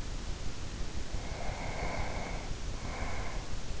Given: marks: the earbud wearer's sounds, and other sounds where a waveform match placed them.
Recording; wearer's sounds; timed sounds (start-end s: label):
sounds in sleep by an in-ear microphone; breath
1.06-3.78 s: breath